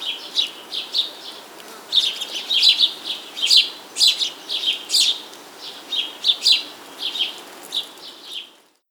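Bird chirping steadily with short, high, bright notes over a faint hiss.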